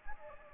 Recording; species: mosquito wingbeat signal from an infrared sensor; Anopheles gambiae